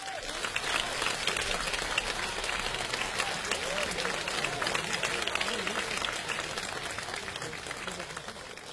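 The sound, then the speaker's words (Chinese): A large audience at a live xiangsheng (crosstalk) show in Fengtai, commemorating Hou Yaowen, applauds steadily to welcome the performers Li Jindou and Wang Wenlin. A dense wash of many hands clapping holds at an even level for several seconds, with a faint murmur of voices mixed in. “接下来我们用热烈的掌声有请全国著名的相声表演艺术家李金斗、王文林。”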